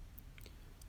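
A click-type torque wrench set to 22 foot-pounds is turned slowly to avoid an inaccurate reading as it tightens a spark plug into the aluminium cylinder head of a 2009-2016 Audi A4 2.0 TSFI. Short, sharp metallic clicks come at 0.2 s and 0.4 s, with fainter ticks at 0.5 s and 0.8 s over a low background hum. The wrench clicks at its setting, showing the plug is torqued.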